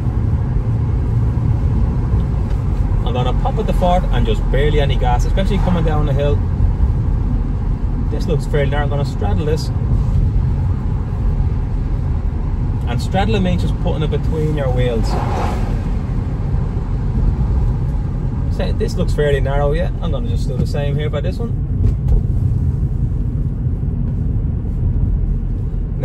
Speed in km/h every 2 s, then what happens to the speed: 46, 46, 44, 42, 41, 41, 41, 42, 41, 41, 40, 41, 43.
0-26 steady at about 41.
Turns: none.